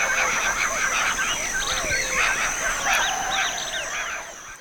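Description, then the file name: Bird calls, a dense tangle of short chirps and squiggly whistles overlapping without pause, over a steady high-pitched whine that runs through the whole stretch. "SABIOD 50 bird 2015"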